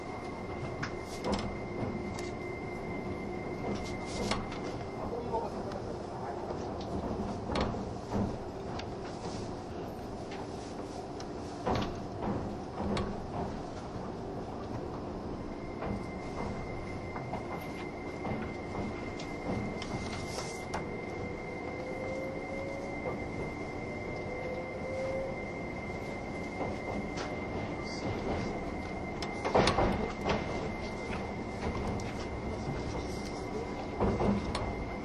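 Running sound from inside the Spacia X limited express train: a steady low rumble with a constant rattling texture for the whole time. A thin high whine sits in the middle of it, dropping out around 5–15 seconds, and sharp clicks and knocks recur throughout, with louder thumps near 30 and 35 seconds.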